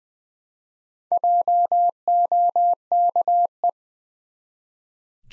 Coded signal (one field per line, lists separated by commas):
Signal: Morse code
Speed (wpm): 20 wpm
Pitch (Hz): 700 Hz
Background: none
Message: JOKE